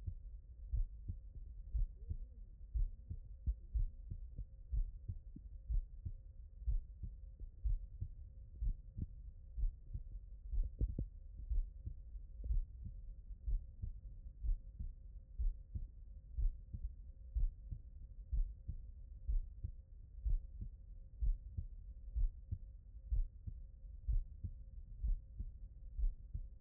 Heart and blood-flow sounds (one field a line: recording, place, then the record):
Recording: heart sounds by stethoscope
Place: pulmonary valve (PV)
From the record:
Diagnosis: non-HFrEF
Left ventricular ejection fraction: 61%